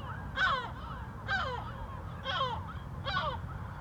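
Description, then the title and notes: Gulls giving loud, harsh downward-sliding calls, four bursts about one second apart, with fainter gulls and a low background rumble. Gulls at a cliff edge above Puerto de Las Nieves harbour, Agaete, Gran Canaria, Spain; traffic and harbour activity below; recorded with DPA-2006c AB pair into SD MixPre-3. "GC-200, 35489 Agaete, Las Palmas, Espagne - Mouettes - Seagulls. Des mouettes en bord de falaise, en bas l'activité de Puerto de Las Nieves, et les voitures"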